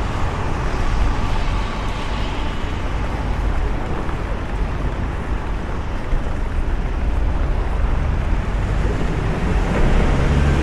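A walk through London in the rain: a dense, steady hiss of rainfall and wet pavement runs throughout without pause. Underneath sits a constant low rumble of traffic, swelling slightly toward the end as a vehicle seems to pass.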